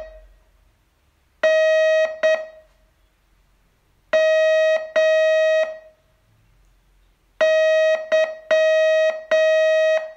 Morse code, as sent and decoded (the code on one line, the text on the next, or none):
-. / -- / -.--
N M Y